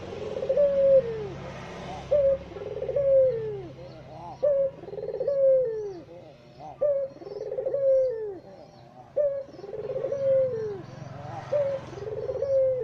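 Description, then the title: Barbary dove giving steady two-part coos, a brief clipped note then a drawn-out descending roll, repeated roughly every two seconds throughout. White-plumaged dove; training (masteran) recording used to teach songbirds. "Kicau Mania Masteran Burung Puter Putih"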